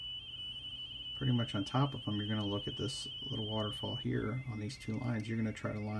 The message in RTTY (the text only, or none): W4CQE TU W1QK CQ